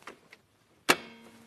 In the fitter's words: did you hear that that's it clicking into place it's now in embroidery mode